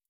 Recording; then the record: hydrophone in a shrimp aquaculture tank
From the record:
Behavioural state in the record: stressed